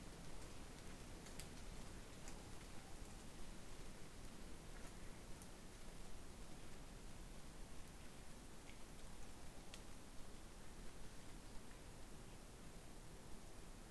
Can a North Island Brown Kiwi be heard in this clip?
no